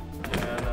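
A toilet waste cassette, just emptied at a dump station, is slid back into its compartment in a camper van until it latches. Two short, sharp clicks sound at 0.2 and 0.3 seconds, and the cassette is seated home.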